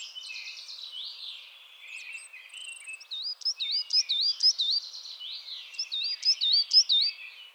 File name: MESANGE NOIRE BAVARDE